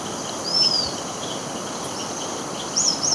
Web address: Natures Songs S America Birds of Ecuador 3 White-Fronted Tyrannulet